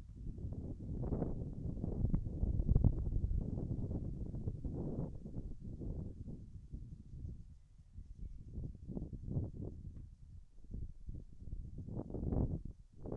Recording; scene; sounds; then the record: everyday scene through a hearing-aid microphone; wind on the microphone; wind, birds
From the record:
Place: in front of a rural house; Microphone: behind the ear, right, front